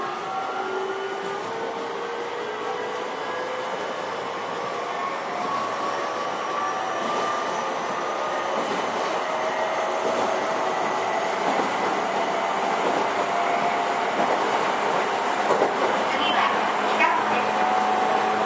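A Toei 10-300 series train runs with a steady rolling roar and faint rising and falling motor tones that slowly drift in pitch. The noise builds slightly toward the end, with a few brief clacks and squeals near the close.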